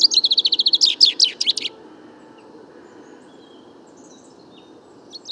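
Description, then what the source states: Common chaffinch song: quick run of sharp notes leading into a short trill with a terminal flourish, then a quiet pause with faint chirps. First chaffinch song recorded in 2019, 16 February, in a wood during fine weather; somewhat muddled, weaker babbling courtship song aimed at females around; Nagra Seven, mono parabolic microphone.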